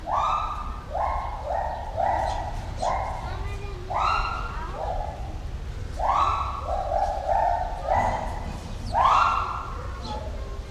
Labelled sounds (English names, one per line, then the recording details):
Pileated Gibbon
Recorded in captivity
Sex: pair
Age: adult
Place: Zoo Berlin, Berlin, DE
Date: 1993-07-17 10:57
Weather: 20-22 °C, heiter-wolkig
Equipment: Marantz CP 430, Sennheiser ME 80, Kopie Uher Variocord 263
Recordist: Tembrock, Günter